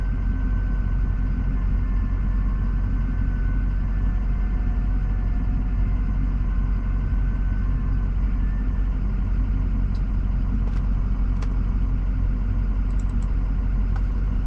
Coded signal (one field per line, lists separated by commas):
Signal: FT8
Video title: POTA activation